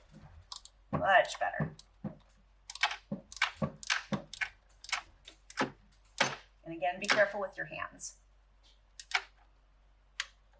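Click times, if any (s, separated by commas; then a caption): 10.2 s. A torque wrench tightens a spark plug into the cylinder head of a Toyota FJ engine while someone talks, with scattered ratcheting clicks along the way. At 10.2 s the wrench gives a soft click as it reaches its 7-pound setting.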